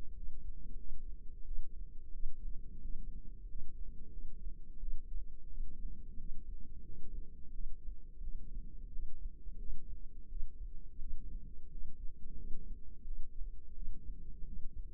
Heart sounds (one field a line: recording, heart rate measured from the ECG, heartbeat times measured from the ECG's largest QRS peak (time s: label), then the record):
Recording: heart sounds by microphone in the left ear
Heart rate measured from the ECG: 88 bpm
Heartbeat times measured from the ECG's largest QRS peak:
0.13 s: heartbeat
0.76 s: heartbeat
1.43 s: heartbeat
2.10 s: heartbeat
2.80 s: heartbeat
3.45 s: heartbeat
4.09 s: heartbeat
4.78 s: heartbeat
5.47 s: heartbeat
6.16 s: heartbeat
6.81 s: heartbeat
7.50 s: heartbeat
8.19 s: heartbeat
8.89 s: heartbeat
9.56 s: heartbeat
10.27 s: heartbeat
10.97 s: heartbeat
11.67 s: heartbeat
12.34 s: heartbeat
13.03 s: heartbeat
13.72 s: heartbeat
14.43 s: heartbeat
From the record:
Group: healthy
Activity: rest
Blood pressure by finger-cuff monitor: 123/71 mmHg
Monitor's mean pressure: 89 mmHg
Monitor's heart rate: 88 bpm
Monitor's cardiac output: 7.9 L/min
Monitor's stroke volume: 89 mL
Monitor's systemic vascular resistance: 830 dyn s/cm5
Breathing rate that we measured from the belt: 21 breaths a minute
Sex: female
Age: 26 years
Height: 165 cm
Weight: 55 kg